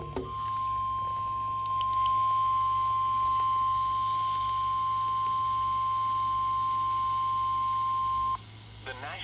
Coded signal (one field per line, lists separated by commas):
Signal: Emergency Alert System (SAME) tones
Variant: 1050 Hz attention tone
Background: speech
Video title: 6/20/24 Special Marine Waring (EAS #131